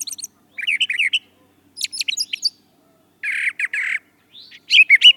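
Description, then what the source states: Brown thrasher song: short bursts of varied, harsh and chirpy notes separated by brief pauses. Song variations.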